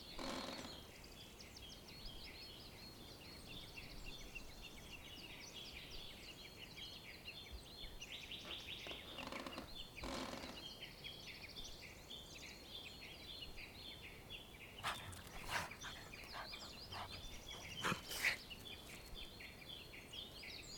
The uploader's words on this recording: Spring day in a beautiful wooden cabin. Sitting in a gorgeous cabin with bird song outside.